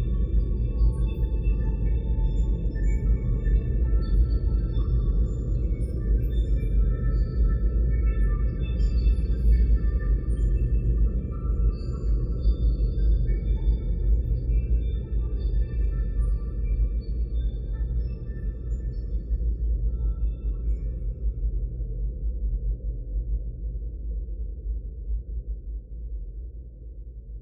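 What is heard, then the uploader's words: A spaceship ambience built on a dense, steady low rumble and hum that fills the whole clip. Above it, faint scattered beeps and electronic tones drift in and out until about twenty-one seconds, then only the rumble remains, easing slightly quieter toward the end. Immersive Spaceships ambience sounds. Sound-designed and edited by Vlad O.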